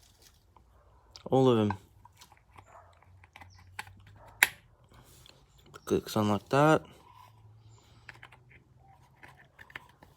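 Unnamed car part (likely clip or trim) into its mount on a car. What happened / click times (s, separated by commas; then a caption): The part is being handled and has not yet clicked home / none. An unnamed car part, likely a plastic clip or piece of trim, is handled against its mount on a car while someone talks in short bursts amid faint scattered ticks and a sharp tap near 4.4 s. The part has not seated or clicked into place yet by the end of the clip.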